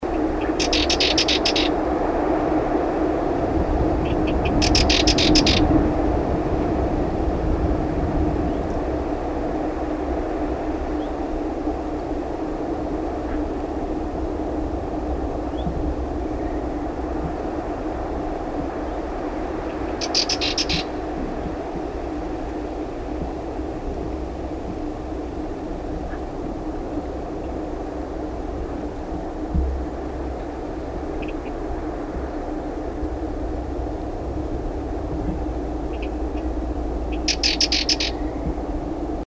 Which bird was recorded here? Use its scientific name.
Sylvia melanocephala